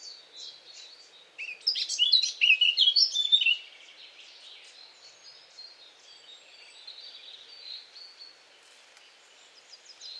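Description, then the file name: Eurasian blackcap song, a short burst of loud, scratchy warbling lasting about two seconds, then faint twittering fading into a soft hiss. "Sylvia atricapilla"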